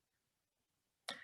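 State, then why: Seated. With the brake on, the plunger of a dosing syringe set to deliver 0.04 is pressed, and its dose detent gives one sharp, bright click at 1.1 s after near silence. The click means one 0.04 dose has been delivered.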